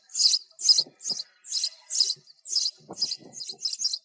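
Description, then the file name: Sparrow chirping, a series of loud high chirps slightly over two per second, with faint lower rustling sounds. Sparrow calling to its flock. "tieng se goi bay"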